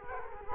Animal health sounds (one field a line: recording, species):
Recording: mosquito wingbeat signal from an infrared sensor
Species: Culex quinquefasciatus